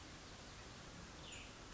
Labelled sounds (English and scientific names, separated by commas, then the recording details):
Cassin's Vireo (Vireo cassinii)
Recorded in Sonoma County, California